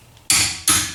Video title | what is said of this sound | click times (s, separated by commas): Tesla Model 3 Wheel Spacers DIY Blox Sport Install Tips Tricks Tools BloxSport Aero | That click right there means we just hit 129 foot-pounds. | 0.3 s